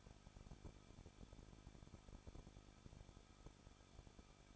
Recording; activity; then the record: daily activity, microphone in the room; no activity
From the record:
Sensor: 5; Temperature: 20.9 degrees Celsius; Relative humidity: 38.2%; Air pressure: 1006.5 hPa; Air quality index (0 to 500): 187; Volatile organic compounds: 18 ppm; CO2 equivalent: 2626 ppm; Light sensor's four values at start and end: 2/3/1/1 and 2/3/1/1